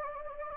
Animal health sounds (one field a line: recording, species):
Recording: mosquito wingbeat signal from an infrared sensor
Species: Anopheles gambiae